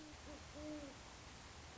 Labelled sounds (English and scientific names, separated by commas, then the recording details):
Great Horned Owl (Bubo virginianus)
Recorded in Sonoma County, California